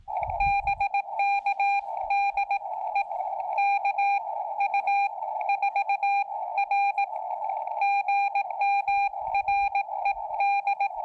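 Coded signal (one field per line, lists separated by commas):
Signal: Morse code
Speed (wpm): 19 wpm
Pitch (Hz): 800 Hz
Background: radio noise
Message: BK DE K U 4 R GM RED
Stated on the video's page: CW sent with a Begali Adventure paddle on a Xiegu X5105 transceiver during summit activations in the Sierra Ancha Wilderness.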